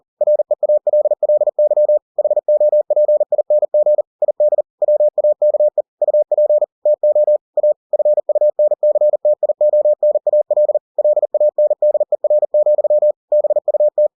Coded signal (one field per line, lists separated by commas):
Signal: Morse code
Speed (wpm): 40 wpm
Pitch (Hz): 600 Hz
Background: none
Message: REALLY HOPING ID WAKE UP TO A FUNCTIONAL LANDER, BUT